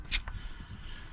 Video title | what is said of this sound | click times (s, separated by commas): Mini cooper r56 full dashboard removal for heater blower motor replacement. | you just make your connection make sure your ears are literally just pushing it snap locks into place | 0.3 s